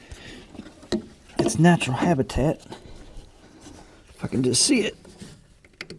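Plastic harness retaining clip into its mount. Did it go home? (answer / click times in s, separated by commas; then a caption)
no / none. On a 2007 Honda Accord, a plastic wiring harness retaining clip at the bottom is handled as someone works it back toward its mounting hole. Someone talks over soft rubbing and a few sharp ticks from handling. Nothing has seated or clicked yet.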